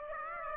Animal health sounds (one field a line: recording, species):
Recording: mosquito wingbeat signal from an infrared sensor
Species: Aedes aegypti